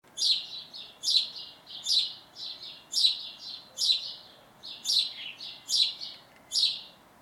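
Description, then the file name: House sparrow giving a steady series of sharp chirps, roughly one per second, most followed by a fainter second note. "Passer domesticus"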